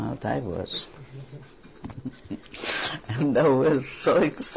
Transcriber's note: she laughs